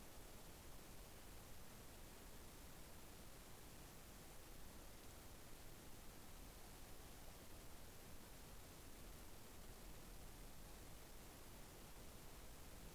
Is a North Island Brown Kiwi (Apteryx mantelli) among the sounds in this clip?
no